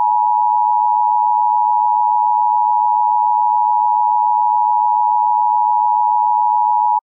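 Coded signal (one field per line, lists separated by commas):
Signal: Emergency Alert System (SAME) tones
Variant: 853 and 960 Hz attention tone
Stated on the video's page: Mock Civil Emergency Message scenario using valid SAME tones, not a real alert.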